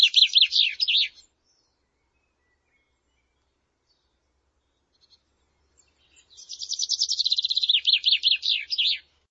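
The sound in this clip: Bird song: a rapid trilled phrase of looping high notes, a pause of several seconds, then a longer buzzy trill sliding into looping notes.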